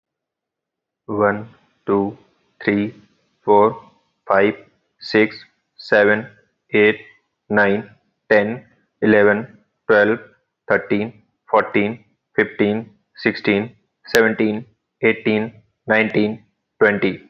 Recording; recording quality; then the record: counting at a normal pace; excellent, no background noise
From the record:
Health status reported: healthy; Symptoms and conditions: none ticked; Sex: male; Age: 28 years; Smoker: not ticked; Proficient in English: yes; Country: India